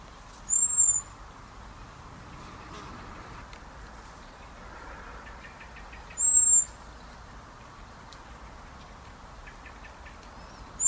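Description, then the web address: Common blackbird giving thin, very high, drawn-out whistled calls, each about half a second, repeated roughly every five to six seconds over a quiet hiss. "SETE data Turdus merula"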